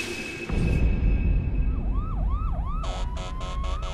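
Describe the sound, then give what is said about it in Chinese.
A distant police siren wails in quick rising-and-falling sweeps over a low rumble of traffic, then shifts to a steadier, pulsing electronic tone near the end. “此刻远处隐隐地传来了警车的声音”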